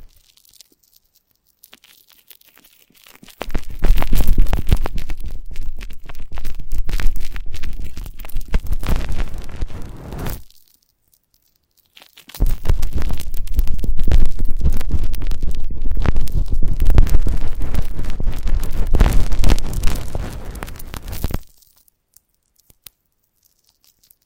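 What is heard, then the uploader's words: Ultra-fine touching at the ear, heard as a dense, crackling rustle with a soft low rumble beneath. It comes in two long, fairly steady passages, about 3–10 seconds and 12–21 seconds, separated by silence, and stops abruptly each time. Ultra-fine ear touch, immersive experience.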